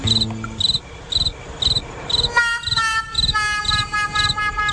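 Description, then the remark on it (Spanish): Crickets chirp in a steady, regular pulse of high, bright trills, about two per second, with a faint low hum early on and sustained whining tones joining partway through. “¿cómo usted me hace esa llamada, Jessica? Por favor, que ya viene en camino y esos grillos”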